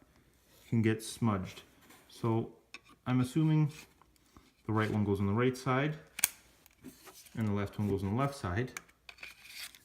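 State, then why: Seated. Someone talks while the left detachable controller is slid onto the left side of a plastic controller grip. It clicks into place, seated, with a sharp click at 9.1 s.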